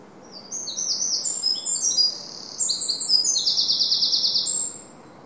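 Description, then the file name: Eurasian wren delivering a brisk, piercing song of tumbling notes and short trills, closing with a steady, fast rattle. "Troglodytes troglodytes"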